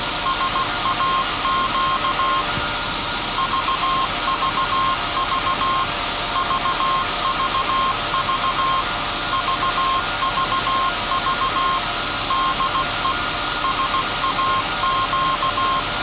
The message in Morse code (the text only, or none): SAQ VVV VVV VVV DE SAQ